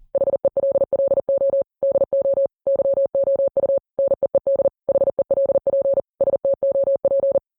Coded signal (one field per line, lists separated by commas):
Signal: Morse code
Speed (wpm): 40 wpm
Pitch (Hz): 550 Hz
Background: none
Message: HELLO DO YOU NEED HELP STOP